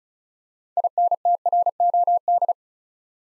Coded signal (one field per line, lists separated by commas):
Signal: Morse code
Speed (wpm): 36 wpm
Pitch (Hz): 700 Hz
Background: none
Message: INTROD